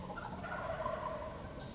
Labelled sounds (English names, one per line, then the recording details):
Wild Turkey
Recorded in Sonoma County, California